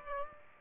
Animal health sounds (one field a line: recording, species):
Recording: mosquito wingbeat signal from an infrared sensor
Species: Aedes aegypti